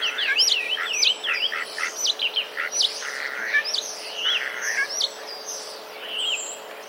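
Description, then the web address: Common starling song of rapid, chirpy sparrow-like notes, tumbling and repeated over several seconds before fading into a soft whistle. Mimicry of sparrow sounds; recorded 16 March 2024. "wroblowe zapozyczenia szpaki 16 03 2024"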